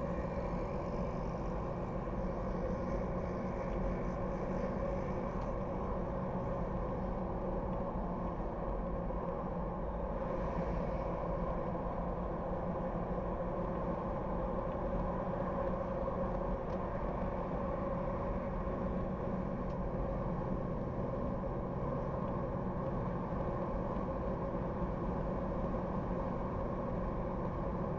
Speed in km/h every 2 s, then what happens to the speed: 72, 75, 77, 77, 77, 71, 72, 74, 76, 76, 77, 77, 77, 74.
0-28 steady at about 76.